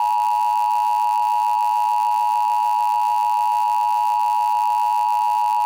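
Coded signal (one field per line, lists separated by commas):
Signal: Emergency Alert System (SAME) tones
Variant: 853 and 960 Hz attention tone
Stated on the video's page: Fictional EAS hack scenario with new audio.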